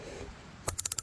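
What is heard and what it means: A metal Yankee Hill rifle suppressor is unscrewed from its quick-detach muzzle mount on a rifle, which uses a coarser thread than standard suppressor threads so it comes off easily. After a quiet start, the ratchet gives a rapid series of sharp clicks at 0.7, 0.8, 0.9, 0.9 and 1.0 seconds as it ratchets off. The suppressor is released from the mount.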